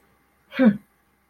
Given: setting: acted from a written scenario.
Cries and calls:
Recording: vocal sound without words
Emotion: anger

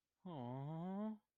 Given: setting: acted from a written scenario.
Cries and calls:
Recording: vocal sound without words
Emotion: sadness

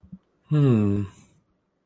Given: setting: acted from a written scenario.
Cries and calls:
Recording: vocal sound without words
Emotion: contentment

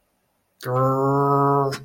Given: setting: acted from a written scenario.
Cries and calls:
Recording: vocal sound without words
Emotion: anger

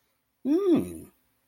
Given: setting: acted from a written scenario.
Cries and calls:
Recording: vocal sound without words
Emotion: elation

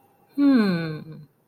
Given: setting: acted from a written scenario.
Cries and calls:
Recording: vocal sound without words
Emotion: interest

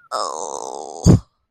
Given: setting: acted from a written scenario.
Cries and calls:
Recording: vocal sound without words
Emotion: embarrassment

